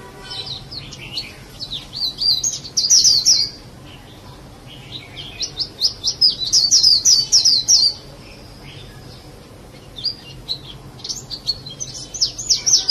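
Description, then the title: Java sparrow chirping: quick runs of high, sharp chips in three bursts, each lasting a few seconds, with quieter gaps between and a low steady hum beneath. "kicau gelatik"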